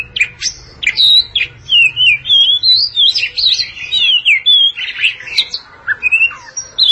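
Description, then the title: Oriental magpie-robin song, a rich run of sweet whistled phrases, slurred notes and quick twitters, varied and nearly continuous with brief pauses. Long-duration song. "Kacer Durasi Panjang"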